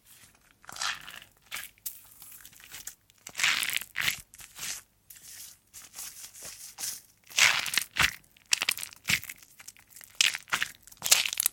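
Hands rub together while washing, making soft, bubbly, squishing strokes that come in short bursts roughly every half second to a second. The sound is bright and crackly with tiny popping foam textures, separated by brief silent gaps, and stays fairly even throughout.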